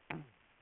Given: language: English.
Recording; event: throat vibration sensor signal played as sound; throat clearing